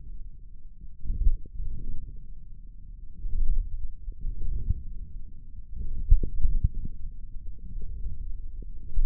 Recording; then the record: forearm muscle sounds (acoustic myography)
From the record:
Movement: wrist flexion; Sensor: system 1, eight BSWA MPA416 microphones around the upper forearm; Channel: 5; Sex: male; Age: 28 years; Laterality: right